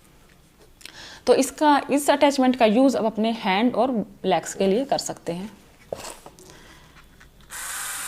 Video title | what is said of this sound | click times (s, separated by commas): braun epilator hair removal।epilator vs waxing। braun epilator। braun epilator hair removal reviews | आप इसे इस पर इस तरह से रखिए और जस्ट थोड़ा सा नीचे की तरफ प्रेशराइज कीजिए, तो ये एक लॉक की आवाज़ के साथ बंद हो जाएगा। | 0.9 s